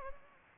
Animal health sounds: mosquito wingbeat signal from an infrared sensor; Anopheles gambiae

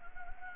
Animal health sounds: mosquito wingbeat signal from an infrared sensor; Anopheles gambiae

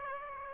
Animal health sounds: mosquito wingbeat signal from an infrared sensor; Aedes aegypti

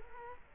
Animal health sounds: mosquito wingbeat signal from an infrared sensor; Culex quinquefasciatus

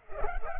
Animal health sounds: mosquito wingbeat signal from an infrared sensor; Culex pipiens

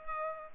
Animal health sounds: mosquito wingbeat signal from an infrared sensor; Culex pipiens

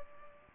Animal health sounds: mosquito wingbeat signal from an infrared sensor; Culex pipiens

